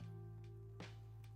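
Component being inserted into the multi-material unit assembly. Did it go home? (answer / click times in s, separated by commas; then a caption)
no / none. A printed part that was not fully inserted is being pushed further into a Prusa MMU3 multi-material unit assembly, with steady background music and a few brief handling noises, one near 0.8 s and a sharper one at 1.2 s. Nothing has seated yet; the clip ends just before the part goes fully home.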